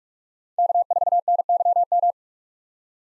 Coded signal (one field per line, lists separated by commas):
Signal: Morse code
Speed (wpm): 45 wpm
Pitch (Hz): 700 Hz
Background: none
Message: K4NYM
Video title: 2023 POTA Activator Call Signs - 45wpm